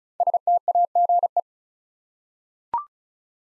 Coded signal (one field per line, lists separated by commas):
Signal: Morse code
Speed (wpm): 36 wpm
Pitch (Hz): 700 Hz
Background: none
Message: STAGE